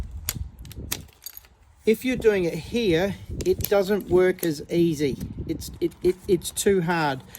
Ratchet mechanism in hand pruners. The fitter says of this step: so that when you squeeze, it will allow the ratchet to go backwards and click into place.